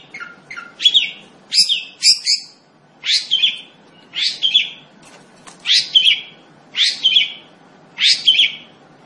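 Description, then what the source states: Long-tailed shrike song: a series of short, sharp chirping phrases with downward-sweeping notes, delivered in loose bursts, with steady faint background hiss. Singing lively, described in the local term gacor.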